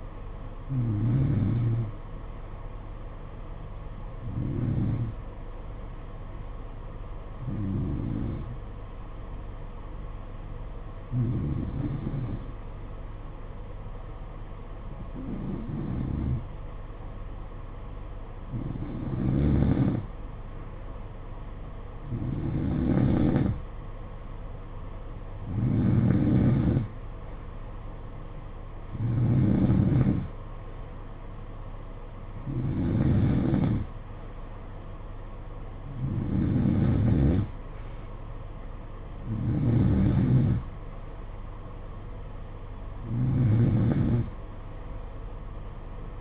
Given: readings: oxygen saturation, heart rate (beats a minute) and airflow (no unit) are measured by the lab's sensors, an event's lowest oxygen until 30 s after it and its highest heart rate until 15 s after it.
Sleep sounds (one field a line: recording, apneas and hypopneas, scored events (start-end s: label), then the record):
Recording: breathing in sleep by a smartphone at the bedside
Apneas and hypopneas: 1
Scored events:
6.00-24.80 s: hypopnea (N3, oxygen 92% highest, then 89% lowest, heart rate 55 at the start, 62 highest)
From the record:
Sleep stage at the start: N3 (deep sleep)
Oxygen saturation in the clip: 89 to 92%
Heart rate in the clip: 55 to 62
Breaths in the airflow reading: 13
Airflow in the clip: -9.2 to 6.6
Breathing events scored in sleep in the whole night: 476 in 9.7 hours asleep